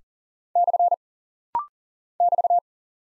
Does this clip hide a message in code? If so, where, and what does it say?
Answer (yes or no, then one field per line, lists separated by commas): yes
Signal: Morse code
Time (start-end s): 0.6-2.6 s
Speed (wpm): 40 wpm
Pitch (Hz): 700 Hz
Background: none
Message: / <BT>